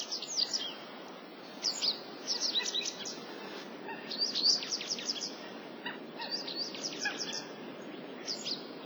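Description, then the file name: Japanese wagtail calls, sharp high chirping notes in loose bursts, with a steady low background hiss throughout. Recorded in Nasu, Japan, on 12 March 2009. "seguroseki nasu hirano"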